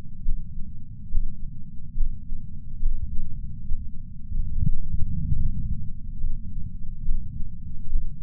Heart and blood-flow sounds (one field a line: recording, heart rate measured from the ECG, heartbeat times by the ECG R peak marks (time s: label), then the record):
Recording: heart sounds by patch sensor on the chest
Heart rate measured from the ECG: 71 bpm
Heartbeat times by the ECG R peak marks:
0.26 s: heartbeat
1.12 s: heartbeat
1.98 s: heartbeat
2.83 s: heartbeat
3.69 s: heartbeat
4.53 s: heartbeat
5.37 s: heartbeat
6.22 s: heartbeat
7.07 s: heartbeat
7.91 s: heartbeat
From the record:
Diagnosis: coronary artery disease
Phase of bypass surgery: preoperative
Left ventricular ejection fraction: 69.1%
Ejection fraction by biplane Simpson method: 68.2%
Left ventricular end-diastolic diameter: 44 mm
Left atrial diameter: 36 mm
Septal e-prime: 8.3 cm/s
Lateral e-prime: 8.5 cm/s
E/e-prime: 10.7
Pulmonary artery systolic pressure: 35 mmHg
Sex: male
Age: 76 years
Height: 165 cm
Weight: 79 kg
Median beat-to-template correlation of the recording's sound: 0.89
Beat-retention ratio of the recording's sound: 0.98